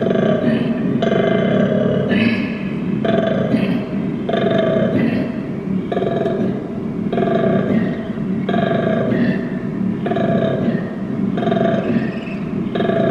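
Koala giving a long bellow, a growling snore-like rasp broken into rhythmic pulses roughly every second, alternating harsher and softer phases.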